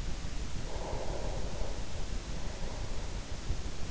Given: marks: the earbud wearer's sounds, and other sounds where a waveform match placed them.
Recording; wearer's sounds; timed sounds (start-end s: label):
sounds in sleep by an in-ear microphone; breath
0.31-3.49 s: breath